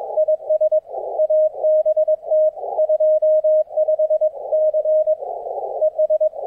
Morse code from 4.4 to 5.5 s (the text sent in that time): C